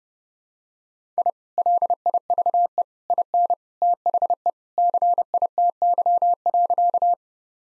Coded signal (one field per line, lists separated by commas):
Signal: Morse code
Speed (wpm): 30 wpm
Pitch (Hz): 700 Hz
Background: none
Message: I LIVE IN THE CITY.